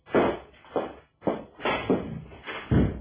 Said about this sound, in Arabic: انا رايحة افتح باب الشقة يا ماما. لا اقصد انا اللي هفتح باب الشقة.